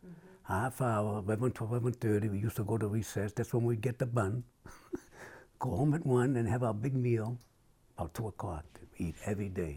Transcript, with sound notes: Half-hour - eleven to eleven-thirty - we used to go to recess. That's when we'd get the bun. [laughs] Go home at one and have our big meal. 'Bout two o'clock. Eat every day.